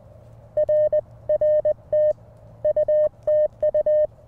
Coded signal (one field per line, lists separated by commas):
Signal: Morse code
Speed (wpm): 20 wpm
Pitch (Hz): 610 Hz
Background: none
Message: RR TU TU